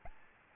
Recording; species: mosquito wingbeat signal from an infrared sensor; Aedes albopictus